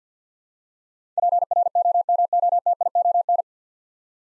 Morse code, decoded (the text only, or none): PROMOTION